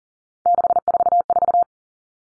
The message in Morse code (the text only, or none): 644